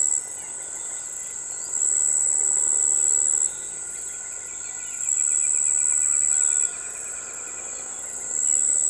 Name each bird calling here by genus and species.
none